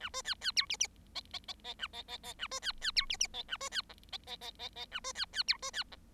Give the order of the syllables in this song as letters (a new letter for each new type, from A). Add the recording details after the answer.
A B C C D E E F F F F A F F F A B C C D E E F A B C G F F F F F A B C C D B C G. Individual Bird7